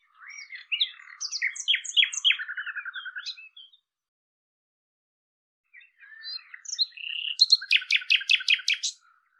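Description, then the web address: Common nightingale song: a varied phrase ending in a quick trill, then after a pause a whistled note and a loud series of repeated chips. "cianscape birddata Deverinetal 2025"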